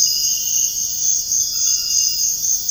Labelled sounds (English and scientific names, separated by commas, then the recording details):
none
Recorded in dense forest near Puerto Asís, Putumayo, Colombia, on 20 February 2024 at 05:30
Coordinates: 0.485, -76.325
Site G6429